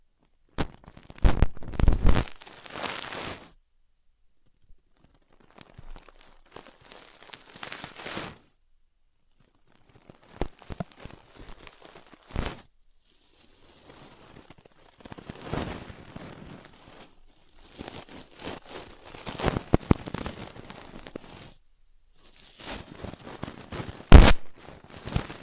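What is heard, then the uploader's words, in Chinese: Dry scratching and rustling from someone picking at an ear, coming in uneven bursts of a second or several seconds with silent pauses between. Sharp little pops and crackles punctuate the rubbing, and the bursts grow busier in the second half. 姐姐抠耳朵催眠13（声控助眠）。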